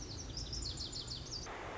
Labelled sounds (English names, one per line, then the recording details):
Lazuli Bunting
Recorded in Sonoma County, California